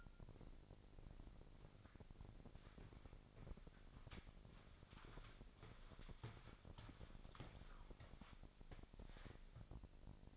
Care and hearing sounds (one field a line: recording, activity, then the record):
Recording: daily activity, microphone in the room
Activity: walk to room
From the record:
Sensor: 5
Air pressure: 999.6 hPa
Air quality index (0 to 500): 219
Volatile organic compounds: 20 ppm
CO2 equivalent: 2678 ppm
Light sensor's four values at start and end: 35/81/32/31 and 33/76/31/30